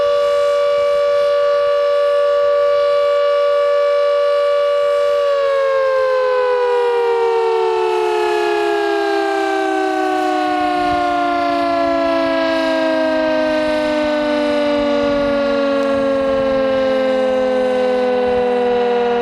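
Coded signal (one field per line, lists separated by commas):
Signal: siren signal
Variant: Carter 1H siren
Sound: steady wailing siren tone, then pitch slowly sinking as the siren winds down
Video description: Signal: Continuous tone, interrupted four times Duration: 210 sec. Meaning: Danger of flooding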